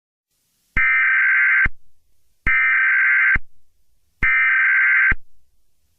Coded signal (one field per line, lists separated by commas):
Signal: Emergency Alert System (SAME) tones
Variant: header bursts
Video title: EAS Mega Scenario: The Wrath of Chaos